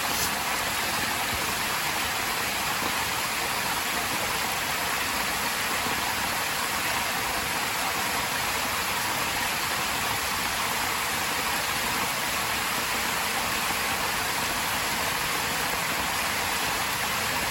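Rain falls steadily in the trees, a dense, even hiss of countless tiny drops with no pauses or swells across the whole stretch. The sound sits bright, with a faint low rumble underneath, and nothing else stands out.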